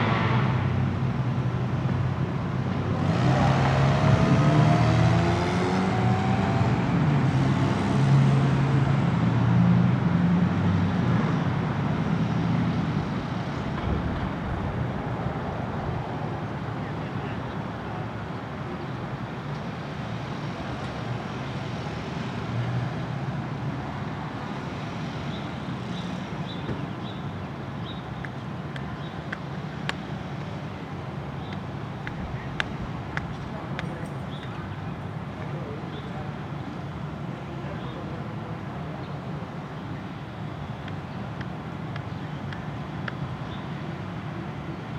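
Outdoor city rooftop ambience: a vehicle swells past in the first thirteen seconds, then a steady low traffic hum continues with scattered faint clicks.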